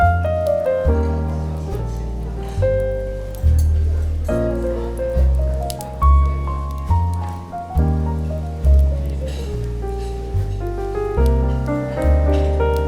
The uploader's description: Coffee Shop Bookstore Ambience with Relaxing Smooth Jazz Music and Crackling Fireplace